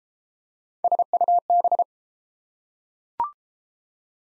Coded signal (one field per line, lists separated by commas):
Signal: Morse code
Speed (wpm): 27 wpm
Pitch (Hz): 700 Hz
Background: none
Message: SUB